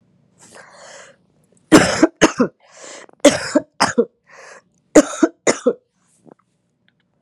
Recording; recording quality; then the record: shallow voluntary cough; excellent, no background noise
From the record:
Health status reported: COVID-19 positive, mild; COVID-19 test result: positive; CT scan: not taken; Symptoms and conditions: cough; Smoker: no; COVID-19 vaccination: both doses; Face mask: not worn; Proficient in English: yes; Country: United States